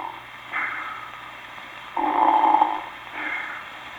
Snores are produced by two movements of the breath, an inspirational movement and an expirational movement, and the types appearing under the heading varied expirational forms are all dependent upon type 1 for their inspirational element. Type 2A, the labial or ah-poo variety.